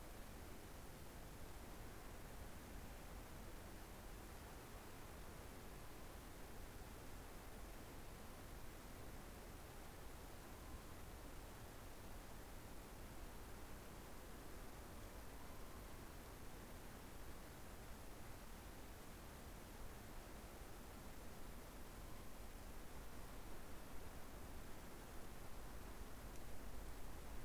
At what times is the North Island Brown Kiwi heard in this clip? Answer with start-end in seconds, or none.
none